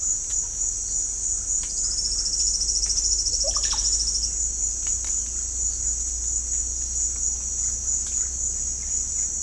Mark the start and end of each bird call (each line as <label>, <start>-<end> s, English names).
Golden-crowned Spadebill, 1.58-4.29 s
Russet-backed Oropendola, 3.34-3.81 s